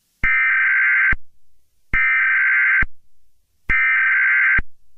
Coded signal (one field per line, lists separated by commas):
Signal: Emergency Alert System (SAME) tones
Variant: header bursts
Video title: EAS Scenario #35: The Green Beans Rampage